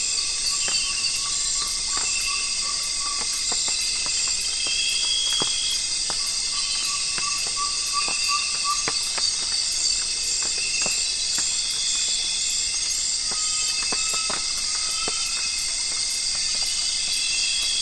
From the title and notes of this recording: Nightfall on the Zabalo. Today we’re visiting the Zabalo River in Ecuador.